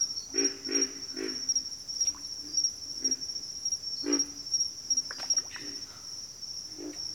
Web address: Sounds of Nature Collection. Pig Frogs